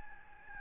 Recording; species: mosquito wingbeat signal from an infrared sensor; Aedes albopictus